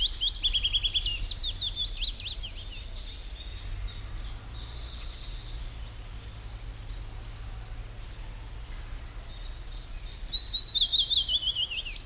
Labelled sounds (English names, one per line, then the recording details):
Eurasian Wren
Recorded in the wild
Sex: male
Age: adult
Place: Kremmen, Brandenburg, DE
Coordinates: 52.76, 13.03
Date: 1995-06-03 12:09
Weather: heiter, 18°C
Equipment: Marantz CP 430, Sennheiser ME 80, Kopie Uher 4000 Report Monitor
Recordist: Tembrock, Günter